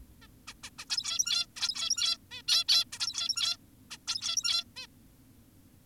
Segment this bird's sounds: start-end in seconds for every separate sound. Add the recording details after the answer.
0.22-0.27, 0.48-0.54, 0.64-0.70, 0.79-0.85, 0.90-1.46, 1.56-2.18, 2.31-2.42, 2.48-2.64, 2.68-2.85, 2.92-3.57, 3.91-3.98, 4.08-4.64, 4.76-4.87. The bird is an adult. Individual g17y2U